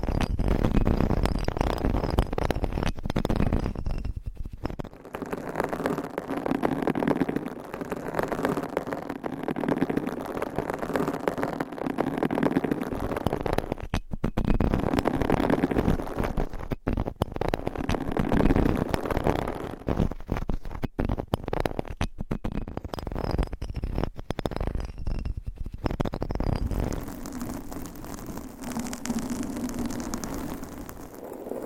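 Fingernails scratch across a series of microphone covers, a dense, rough rasp that runs almost without break. The texture shifts every few seconds as the material changes, with brief gaps near 5, 14, 17 and 22 seconds, and a duller, softer scratching in the final seconds.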